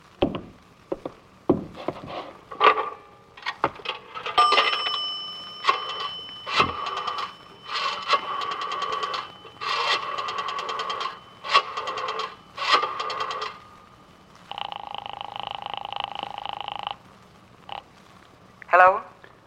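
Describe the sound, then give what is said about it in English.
Sharp clicks and metallic clatter as coins drop into a wall-mounted payphone and the dial is worked, followed by a steady electronic tone and a final click. “Where's your phone? The one on the wall costs a nickel.”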